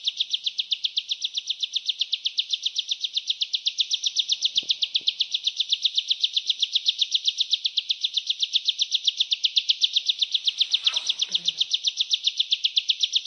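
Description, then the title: Hill Prinia song: a long, unbroken sequence of fast, high, metallic chirps at about four per second, with a short rustling noise near eleven seconds. "Suara ciblek gunung"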